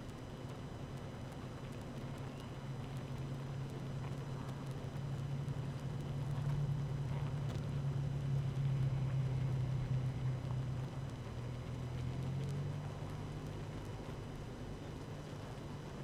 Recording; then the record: honeybee colony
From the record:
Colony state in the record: active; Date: 12 June 2018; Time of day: 7:32